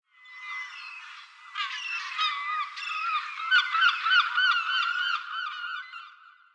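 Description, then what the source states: Gulls calling, a busy overlapping chorus of harsh, nasal, yelping cries that builds after the first second and fades at the end, with several birds calling at once. Ocean ambience.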